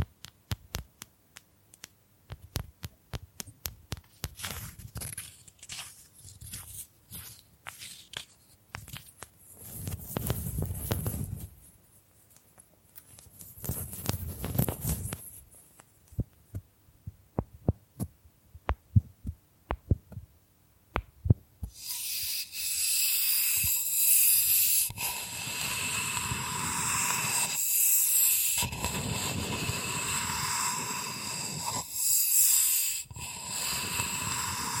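Bamboo is tapped in quick, uneven clicks through the first twenty seconds, broken by short scraping and brushing bursts near 10 and 15 seconds. From about 22 seconds a steady bright scratching takes over, with brief pauses near 25 and 28 seconds.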